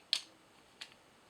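An earth pin removed from a plug is pushed into the earth hole of a UK wall socket with built-in safety shutters. A sharp, bright click at 0.1 s is the plastic shutter clip unlocking, followed by a softer click at about 0.8 s. The shutter clip is released.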